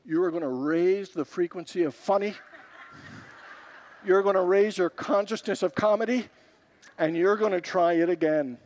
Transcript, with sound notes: you are going to raise the frequency of funny.” [Congregants laugh] “You’re going to raise your consciousness of comedy, and you’re going to try it again.”